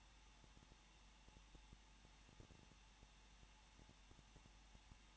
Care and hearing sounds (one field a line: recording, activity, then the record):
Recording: daily activity, microphone in the room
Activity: no activity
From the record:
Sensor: 1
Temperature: 20.1 degrees Celsius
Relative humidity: 39.4%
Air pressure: 1006.4 hPa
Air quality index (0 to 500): 219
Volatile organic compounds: 81 ppm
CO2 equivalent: 3612 ppm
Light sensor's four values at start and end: 1/2/1/1 and 1/2/1/1